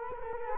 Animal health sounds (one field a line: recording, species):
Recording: mosquito wingbeat signal from an infrared sensor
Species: Culex quinquefasciatus